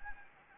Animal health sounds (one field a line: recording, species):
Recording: mosquito wingbeat signal from an infrared sensor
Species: Anopheles gambiae